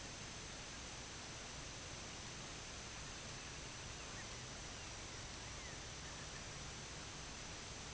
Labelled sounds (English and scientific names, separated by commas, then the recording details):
Semipalmated Sandpiper (Calidris pusilla), unidentified sound
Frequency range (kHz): Semipalmated Sandpiper (Calidris pusilla) 2.0-3.5 kHz
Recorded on Arctic tundra, site IGLO-D, on 17 June 2018
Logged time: 00:00